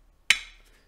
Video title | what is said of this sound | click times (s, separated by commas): Prusa i3 MK3 Build Part 5 - Steam Labs Live Stream | it snaps in there LCD controller must click under | 0.3 s